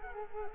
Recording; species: mosquito wingbeat signal from an infrared sensor; Culex quinquefasciatus